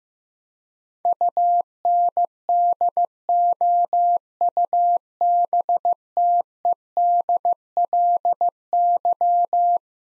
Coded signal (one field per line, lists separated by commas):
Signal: Morse code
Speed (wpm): 15 wpm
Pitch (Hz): 700 Hz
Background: none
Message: UNDOUBTEDLY